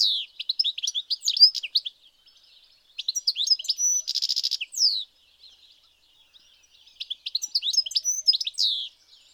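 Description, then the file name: European goldfinch calls: rapid bright liquid twittering notes in three bursts, with a short buzzy trill in the middle burst. "Carduelis carduelis"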